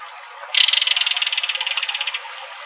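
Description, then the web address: Belted kingfisher rattle call: a harsh, rapid series of clicks running about one and a half seconds, steady then fading slightly at the end. Recorded in Arizona. "Kingfishers AZFO BEKI deviche"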